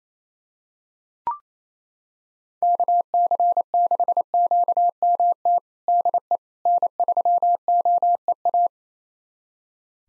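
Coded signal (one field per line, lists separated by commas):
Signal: Morse code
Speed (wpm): 28 wpm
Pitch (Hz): 700 Hz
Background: none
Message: KC6QMT DE N3OEA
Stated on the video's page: Morse call sign pair copying drill at 28 wpm, each pair sent, then spoken, then sent again.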